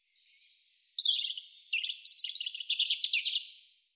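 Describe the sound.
European robin song: one sustained, thin, high phrase of sliding whistles and fast liquid trills lasting about three seconds.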